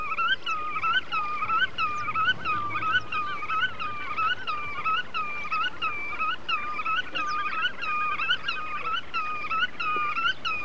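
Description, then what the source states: Godwit song: a wavering phrase repeated steadily, about one and a half times per second, across the whole stretch. A wader; its song sounds like 'veretén, veretén', which gives it its Russian name Veretennik; central Russia.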